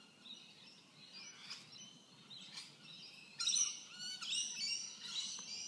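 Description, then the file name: Bird chirps, high and thin, scattered through the first half, then louder, busier twittering from about three and a half seconds on, over a soft low hum. "Tweets"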